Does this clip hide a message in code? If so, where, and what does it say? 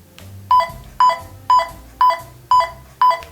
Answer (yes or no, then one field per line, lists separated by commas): no